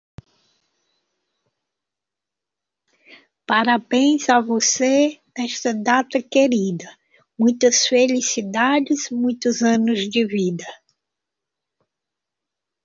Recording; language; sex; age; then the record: short text; Brazilian Portuguese; female; 60 to 69 years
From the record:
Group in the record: control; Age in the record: 62 years